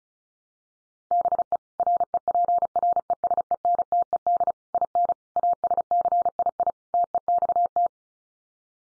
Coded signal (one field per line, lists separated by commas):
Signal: Morse code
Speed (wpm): 34 wpm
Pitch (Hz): 700 Hz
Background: none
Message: BE REPRESENTED IN ASCII TEXT